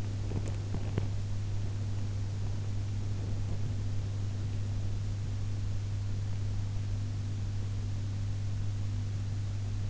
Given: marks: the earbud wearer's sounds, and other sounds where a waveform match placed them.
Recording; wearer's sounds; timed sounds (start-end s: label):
sounds in sleep by an in-ear microphone; teeth grinding
0.00-1.12 s: teeth grinding